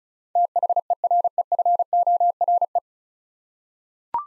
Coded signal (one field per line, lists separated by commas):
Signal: Morse code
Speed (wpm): 34 wpm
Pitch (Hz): 700 Hz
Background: none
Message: THEREFORE